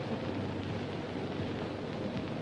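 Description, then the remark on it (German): Engines of large aircraft moving slowly over an airfield give a steady, heavy low rumble layered with broad hissing noise, holding an even loudness throughout without any clear surges; no one speaks. “Die Motoren brummen immer wieder auf.”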